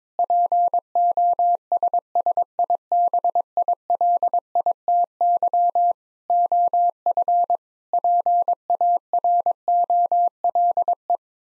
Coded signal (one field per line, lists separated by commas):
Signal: Morse code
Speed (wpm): 22 wpm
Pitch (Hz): 700 Hz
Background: none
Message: POSSIBILITY OF PAROLE